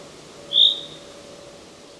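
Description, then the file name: Common chaffinch uttering one short, clear whistled call note against a faint steady hum. "Fringilla coelebs"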